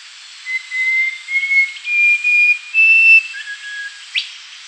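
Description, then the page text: Rufous-crowned babbler singing a series of long, pure whistled notes that climb step by step, followed by a lower drawn-out whistle and a brief sharp upslur. "Rufous-Crowned Babbler Song. Quick Sounds"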